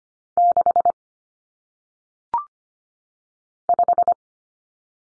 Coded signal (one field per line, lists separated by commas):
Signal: Morse code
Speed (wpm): 25 wpm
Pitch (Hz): 700 Hz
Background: none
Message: 6 5